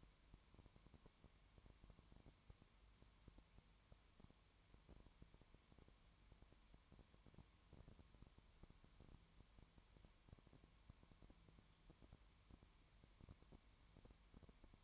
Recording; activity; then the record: daily activity, microphone in the room; no activity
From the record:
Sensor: 3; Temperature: 20.1 degrees Celsius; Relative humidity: 31.4%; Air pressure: 1001.3 hPa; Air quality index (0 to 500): 74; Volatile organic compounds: 1 ppm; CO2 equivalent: 698 ppm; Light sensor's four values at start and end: 2/3/2/2 and 2/3/2/2